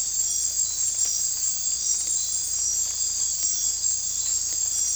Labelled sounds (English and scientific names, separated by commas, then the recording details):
none
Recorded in dense forest near Puerto Asís, Putumayo, Colombia, on 16 December 2024 at 03:30
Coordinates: 0.466, -76.327
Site G075